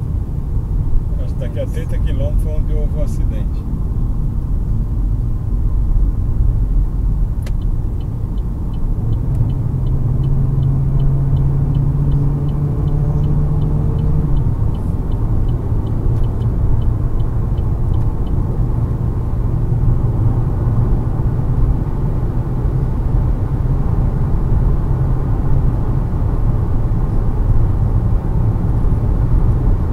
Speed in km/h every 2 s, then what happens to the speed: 73, 74, 77, 79, 84, 93, 100, 105, 113, 115, 120, 125, 129, 132, 134.
0-30 speeds up to 134.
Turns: none.